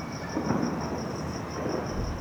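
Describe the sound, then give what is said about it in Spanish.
Continuous firework rocket explosions at night during the Mexican patriotic celebration, heard toward Culhuacán, Cerro de la Estrella, Tláhuac and Iztapalapa, merge into a steady, low rolling rumble with faint thuds, while a constant high-pitched insect trill runs throughout. No one speaks. “rumbo de Culhuacán, así que esta orientación está dirigida hacia esa zona, Cerro de la Estrella, los inicios de Tláhuac e Iztapalapa, donde podemos escuchar esta continua explosión de cohetes.”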